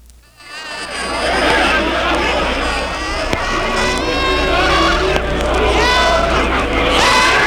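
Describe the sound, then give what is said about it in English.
A reversed recording of screaming taken from one stereo track and played at normal speed: several high, strained voices overlap in a loud, continuous wash of garbled wailing that swells and warps unnaturally, with a low steady rumble underneath throughout. “From one of the tracks, you take some of the screaming and you reverse it.”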